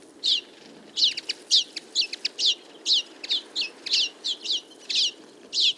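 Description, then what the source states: Common Linnet calling, many short, bright, twanging chirps in quick irregular bursts over a faint steady low hiss. Flock of about fifty feeding in a field in late summer; calls, take-offs and autumn babbling song; recorded for an hour with a mono parabolic single-microphone dish.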